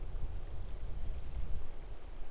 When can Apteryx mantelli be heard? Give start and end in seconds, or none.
none